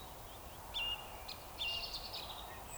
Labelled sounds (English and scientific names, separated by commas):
Eurasian Woodcock (Scolopax rusticola) whistle